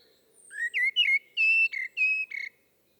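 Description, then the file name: Common blackbird song phrase of smooth, flute-like whistles gliding up and down, several notes in quick succession. "Turdus merula"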